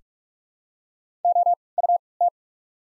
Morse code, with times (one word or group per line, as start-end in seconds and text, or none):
1.2-1.5 O
1.8-2.0 U
2.2-2.3 T